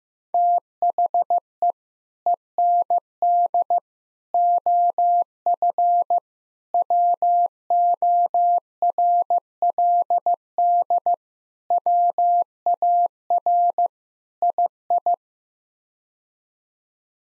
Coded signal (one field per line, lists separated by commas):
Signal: Morse code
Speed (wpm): 15 wpm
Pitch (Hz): 700 Hz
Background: none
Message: THE END OF WORLD WAR II